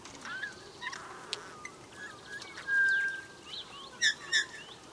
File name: Pyrrhula pyrrhula